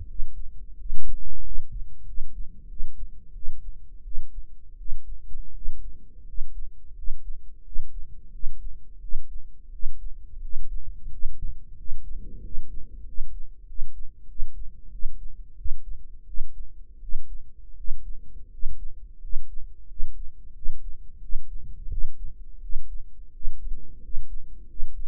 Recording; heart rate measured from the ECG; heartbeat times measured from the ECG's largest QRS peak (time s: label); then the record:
heart sounds by microphone in the right ear; 88 bpm
0.06 s: heartbeat
0.76 s: heartbeat
1.42 s: heartbeat
2.05 s: heartbeat
2.67 s: heartbeat
3.33 s: heartbeat
4.03 s: heartbeat
4.77 s: heartbeat
5.53 s: heartbeat
6.25 s: heartbeat
6.94 s: heartbeat
7.63 s: heartbeat
8.31 s: heartbeat
9.00 s: heartbeat
9.71 s: heartbeat
10.40 s: heartbeat
11.09 s: heartbeat
11.76 s: heartbeat
12.41 s: heartbeat
13.04 s: heartbeat
13.66 s: heartbeat
14.27 s: heartbeat
14.90 s: heartbeat
15.56 s: heartbeat
16.25 s: heartbeat
17.00 s: heartbeat
17.75 s: heartbeat
18.49 s: heartbeat
19.19 s: heartbeat
19.87 s: heartbeat
20.53 s: heartbeat
21.20 s: heartbeat
21.89 s: heartbeat
22.60 s: heartbeat
23.31 s: heartbeat
24.00 s: heartbeat
24.66 s: heartbeat
From the record:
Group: healthy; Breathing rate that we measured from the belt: 10 breaths a minute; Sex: male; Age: 23 years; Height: 179 cm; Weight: 87 kg